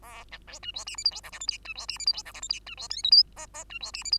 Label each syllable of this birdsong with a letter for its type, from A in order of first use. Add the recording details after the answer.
A B C D E F G H I J K L M D E F G H I J K L M D E N O P Q Q D E F G H. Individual Bird2